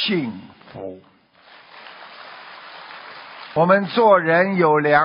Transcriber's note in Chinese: 掌声